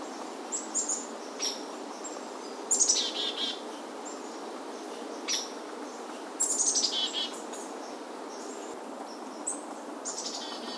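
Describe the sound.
Bird song of scattered high chirps and short descending trills at uneven intervals over a steady background hiss.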